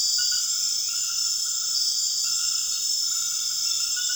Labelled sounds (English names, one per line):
none